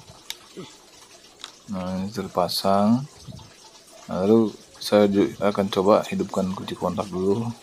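A plastic handlebar switch housing for a motorcycle's hand starter switch, just repaired, is pressed together onto the handlebar until it clicks shut, with two sharp clicks at 0.3 s and 1.4 s. Afterward, someone talks.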